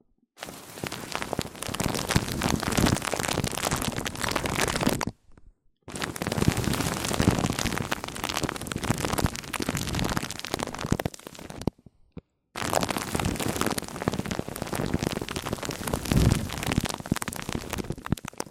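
Mic-on-mic triggers: dense crackling, rain-like rubbing and tapping noise in three long stretches, broken by brief silences near five and twelve seconds.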